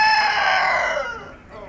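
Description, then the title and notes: Rooster crowing, the end of a loud strained crow held steady and then falling away, followed by quieter fading tones. Rooster in a pen at a small farmhouse in Kawcze, Śrem district, Wielkopolskie, Poland; intense crowing; recorded with a Roland R-07. "28g, Kawcze, gmina Śrem, powiat śremski, województwo wielkopolskie, 63-100, Polska - rooster in the pen. The intense crowing of a rooster in a small farmhouse"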